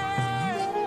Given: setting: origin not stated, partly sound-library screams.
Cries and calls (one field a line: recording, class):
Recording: one-second piece from a danger detection set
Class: normal situation